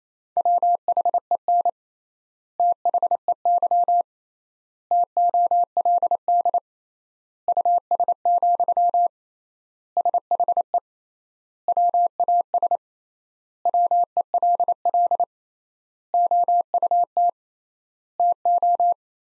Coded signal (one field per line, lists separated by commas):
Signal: Morse code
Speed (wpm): 28 wpm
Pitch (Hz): 700 Hz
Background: none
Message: WHEN THEY TOLD US, SHE WAS WELL OUT TO